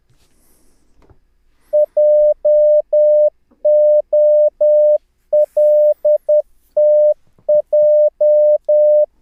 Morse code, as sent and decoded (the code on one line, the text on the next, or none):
.--- --- .-.. - .---
JOLTJ